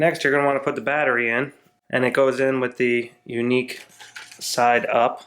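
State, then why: Not seated. A drone battery pack is being handled for insertion into the drone body, unique side up, while someone talks. Faint handling sounds sit under the voice, and nothing has seated or clicked yet by the end of the clip.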